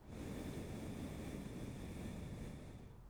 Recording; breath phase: one breath near a microphone; exhalation